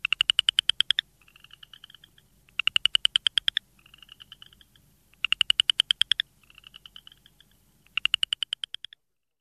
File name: Pseudacris nigrita - Southern Chorus Frog